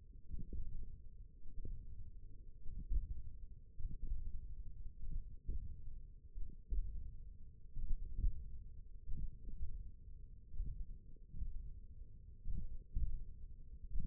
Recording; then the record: forearm muscle sounds (acoustic myography)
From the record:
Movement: tripod grip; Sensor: system 1, eight BSWA MPA416 microphones around the upper forearm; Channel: 4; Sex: male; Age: 20 years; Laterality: left